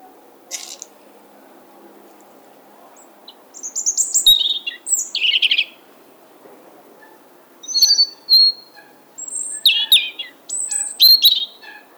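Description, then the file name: European robin song: several short bursts of high, thin, varied notes and twittering trills, with quiet pauses and a soft low background hum. "Erithacus rubecula"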